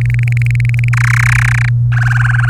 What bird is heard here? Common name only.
Domestic Canary